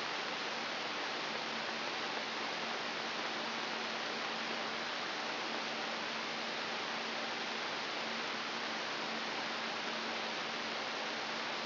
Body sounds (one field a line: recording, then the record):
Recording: brain microelectrode recording played as sound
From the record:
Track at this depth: inside the subthalamic nucleus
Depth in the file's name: 6.532 mm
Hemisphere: right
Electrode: 3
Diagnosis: Parkinson's disease